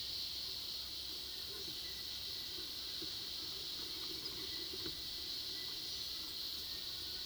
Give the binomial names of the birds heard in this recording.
none